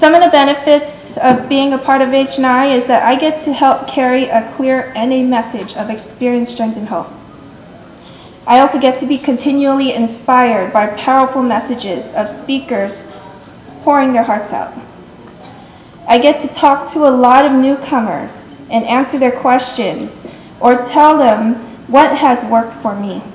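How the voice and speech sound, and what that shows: A woman speaks fluently in a calm narrating voice with clear articulation and ordinary pauses; typical adult speech.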